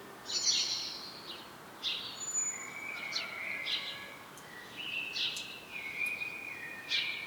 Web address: SETE Turdus merula